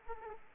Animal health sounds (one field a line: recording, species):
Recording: mosquito wingbeat signal from an infrared sensor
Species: Aedes aegypti